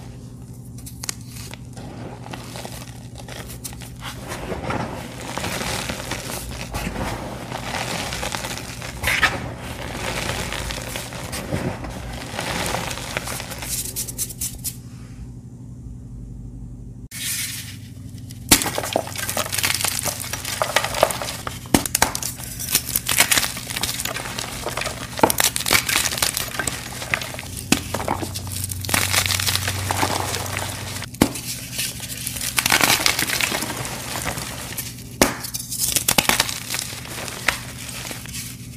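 Crispy dyed gym chalk blocks dipped in dusty paste crunch and crumble in dense, irregular bursts of bright crackling and gritty crinkling. A short quiet break comes around 15–17 seconds, then louder, fuller crunching continues to the end over a steady low hum.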